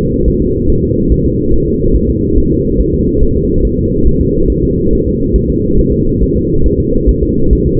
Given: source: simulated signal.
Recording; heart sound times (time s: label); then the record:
fetal heart sounds
0.28 s: S1
0.42 s: S2
0.70 s: S1
0.84 s: S2
1.12 s: S1
1.26 s: S2
1.54 s: S1
1.68 s: S2
1.96 s: S1
2.10 s: S2
2.38 s: S1
2.52 s: S2
2.81 s: S1
2.94 s: S2
3.23 s: S1
3.37 s: S2
3.65 s: S1
3.79 s: S2
4.07 s: S1
4.21 s: S2
4.50 s: S1
4.64 s: S2
4.93 s: S1
5.07 s: S2
5.36 s: S1
5.50 s: S2
5.79 s: S1
5.93 s: S2
6.22 s: S1
6.36 s: S2
6.66 s: S1
6.80 s: S2
7.09 s: S1
7.23 s: S2
7.53 s: S1
7.67 s: S2
From the record:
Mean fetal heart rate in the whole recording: 140 bpm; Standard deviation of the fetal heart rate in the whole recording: 2 bpm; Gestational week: 34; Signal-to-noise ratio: -16.4 dB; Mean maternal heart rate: 72 bpm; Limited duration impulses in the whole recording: present